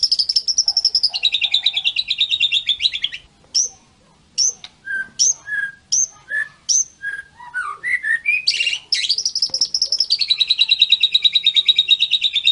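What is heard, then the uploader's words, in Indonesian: A white-rumped shama sings, opening with a rapid, high, buzzing trill for about three seconds. After a short pause come separate clear whistles alternating between high and lower notes, some sliding, before the fast trill returns from about ten seconds to the end. Masteran Murai Batu. Suara burung.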